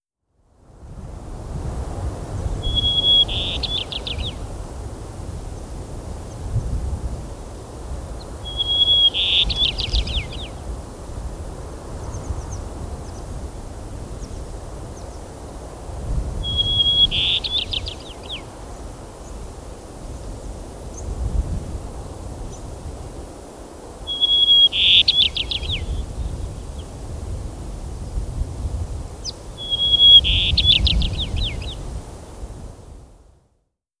White-crowned Sparrow song recorded at Medicine Bow Curve in Rocky Mountain National Park.